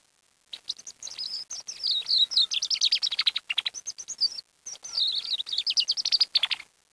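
Bird singing a fast, high, twittering song of rapid chirps and trills in two long bursts with a short pause between.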